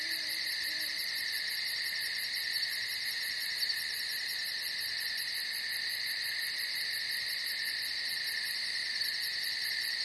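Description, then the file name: Cricket chirping in a continuous shrill trill with rapid pulses, a brief faint low hoot at the start. "Strekotanie sverchka"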